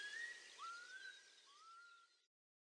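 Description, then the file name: Eurasian curlew calls: three clear whistled notes, each sliding slightly upward, with faint higher whistles and soft hiss behind. "kulikwielki"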